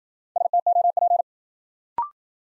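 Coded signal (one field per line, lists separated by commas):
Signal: Morse code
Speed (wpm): 52 wpm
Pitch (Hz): 700 Hz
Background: none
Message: STOP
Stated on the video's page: New-word Morse drill at 55 wpm: each word sent, spoken, then sent again for head-copy practice.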